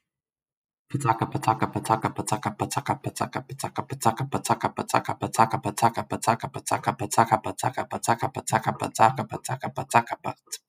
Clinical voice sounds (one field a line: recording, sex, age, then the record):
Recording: repeated syllables /pa ta ka/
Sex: male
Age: 30 to 39 years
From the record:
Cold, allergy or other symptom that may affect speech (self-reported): no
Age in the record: 30 years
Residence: Maryland, United States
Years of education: 16